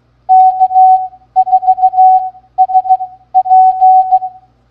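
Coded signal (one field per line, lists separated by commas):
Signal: Morse code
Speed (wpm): 15 wpm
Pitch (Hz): 750 Hz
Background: none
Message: K4SP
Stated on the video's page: Morse practice game of callsigns sent at 13 wpm.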